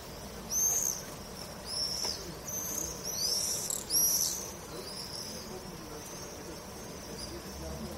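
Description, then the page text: Swifts give a series of shrill, buzzy screams in several bursts about a second apart, with a fainter high scream between them. "Стрижи - Пение стрижей"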